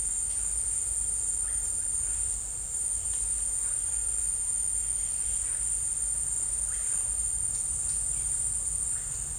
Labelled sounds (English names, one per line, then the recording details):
none
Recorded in secondary vegetation near Puerto Asís, Putumayo, Colombia, on 26 December 2024 at 13:30
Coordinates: 0.484, -76.319
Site GP06